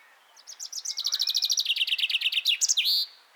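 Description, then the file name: Common chaffinch song, a single phrase of quick high notes that run downward into a dense trill and finish with a loud, sweeping flourish. "Fringilla coelebs"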